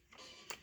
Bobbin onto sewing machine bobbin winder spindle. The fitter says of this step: Push it all the way down until it clicks.